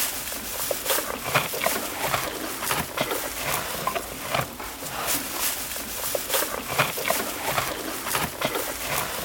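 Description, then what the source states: Roe deer feeding on grass, heard as continuous crunchy chewing and sharp tearing snaps at an uneven, busy rhythm. Eating grass.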